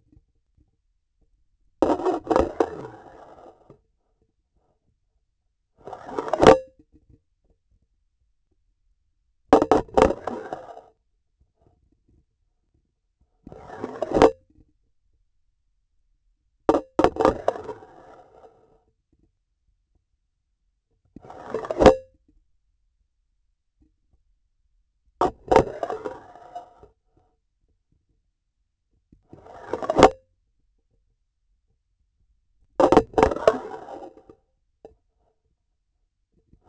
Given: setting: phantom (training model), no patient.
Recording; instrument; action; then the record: laparoscopic instrument, vibration sensor on the handle end; grasping forceps; insertion and removal through the trocar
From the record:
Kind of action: spatial motion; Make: Olympus